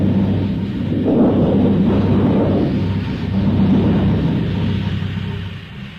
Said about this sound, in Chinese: 第三幕，风雷闪电刚过，接着下了一场暴雨。半夜了，还是没有一点凉气，更大的暴雨就要来了。